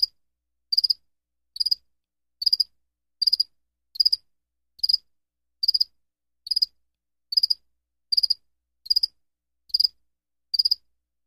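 Cricket chirping, short pulsed chirps repeated a little more than once a second in a steady rhythm, otherwise quiet.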